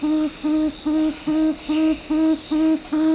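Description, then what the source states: Tawny Frogmouth giving a low oom note repeated steadily, a little over twice a second, each note evenly spaced and level in pitch. Played example; call described as repetitious.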